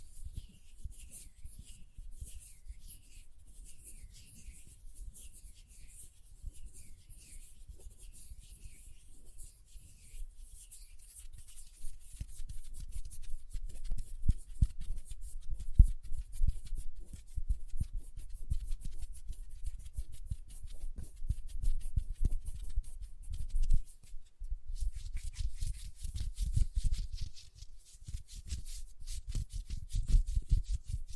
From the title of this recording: Hand Sounds, Nail Tapping and Lotion Sounds